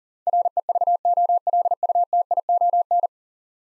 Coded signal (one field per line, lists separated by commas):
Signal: Morse code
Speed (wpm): 40 wpm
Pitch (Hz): 700 Hz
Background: none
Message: REVOLUTION